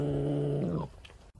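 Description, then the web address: Eurasian badger growl, one sustained rough drone lasting about 0.8 seconds that lifts slightly in pitch before cutting off. "tejon. senda zorro"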